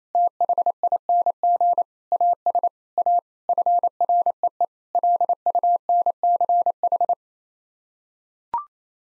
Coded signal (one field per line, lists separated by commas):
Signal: Morse code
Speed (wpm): 28 wpm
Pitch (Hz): 700 Hz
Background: none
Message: THING AS A FREE LUNCH